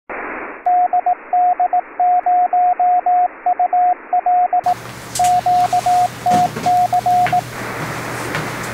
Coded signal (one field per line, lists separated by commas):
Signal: Morse code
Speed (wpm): 18 wpm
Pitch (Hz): 720 Hz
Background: radio noise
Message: DD0UL QTC